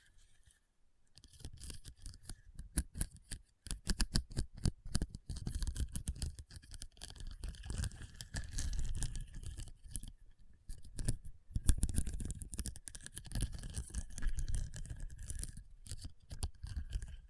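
Rhinestones are tapped and scratched in dense, rapid clicks and rustles, pausing briefly near one, four, ten and sixteen seconds.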